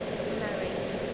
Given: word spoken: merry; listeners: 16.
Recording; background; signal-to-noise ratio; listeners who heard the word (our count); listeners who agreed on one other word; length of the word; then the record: one English word in noise, from a listening test; speech-shaped noise; -6.1 dB; 4 of 16; 6 of 16; 0.74 s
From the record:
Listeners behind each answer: 6, 4, 3, 3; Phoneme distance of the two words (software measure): 10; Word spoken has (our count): 2 syllables, 4 phonemes, stress on syllable 1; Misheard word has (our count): 2 syllables, 4 phonemes, stress on syllable 1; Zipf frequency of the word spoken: 4.17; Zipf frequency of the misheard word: 4.43